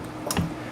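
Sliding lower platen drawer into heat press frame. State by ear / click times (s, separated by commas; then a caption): seated / 0.3 s, 0.4 s. The sliding lower platen drawer of a VEVOR 15 x 15" auto heat press machine is pushed back into the press frame until it locks. Two sharp clicks are heard at 0.3 s and 0.4 s over a low hum, and the drawer clicks home, fully seated.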